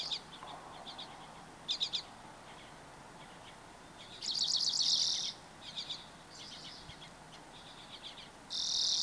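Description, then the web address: Birds singing: high chirps and buzzy trills in bursts, with two loud sustained rattling phrases around four seconds and at the end, over a soft steady background hiss. Recorded 24 April 2023. "starlog birds 20230424"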